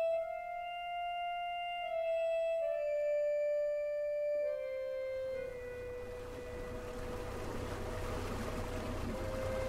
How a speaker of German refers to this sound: Steuert ein Motorboot aus einem schattengrünen Hafen, weit östlich im finnischen Meerbusen. Ein kleines Boot, Frachtklappe, dünnes Stoffdach und windgebeugt mit weißer Mütze ein alter Yachtkapitän. Sestrorezk heißt der Ort in seinem Rücken,